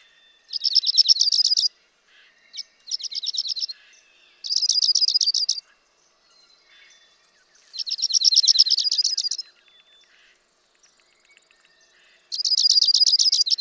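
Dark-eyed junco song, a dry rapid trill of even notes lasting about a second, repeated five times with pauses between.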